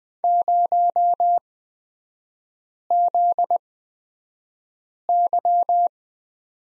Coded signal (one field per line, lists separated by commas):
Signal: Morse code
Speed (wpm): 20 wpm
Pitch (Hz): 700 Hz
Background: none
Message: 0ZY